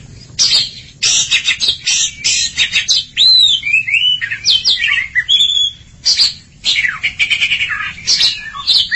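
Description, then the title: Oriental magpie-robin song: rapid harsh chatter with clear looping whistles in the middle, then scratchy descending notes and buzzy bursts. Long-duration recording. "Kacer Durasi Panjang"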